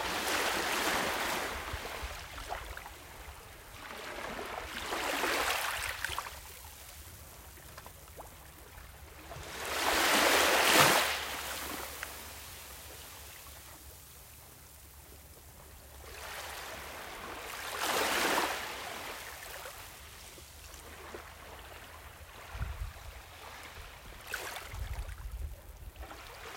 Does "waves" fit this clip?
yes